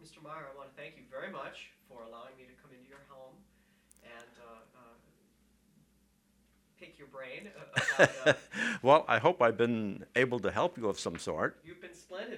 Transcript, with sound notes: Meier, I want to thank you very much for allowing me to come into your home and pick your brain.
( he laughs ) Well, I hope I've been able to help you of some sort.
You've been splendid.